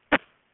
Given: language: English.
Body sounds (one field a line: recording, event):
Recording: throat vibration sensor signal played as sound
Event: cough